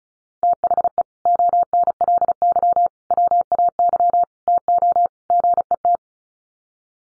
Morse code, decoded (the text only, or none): THE ONLY WAY TO GET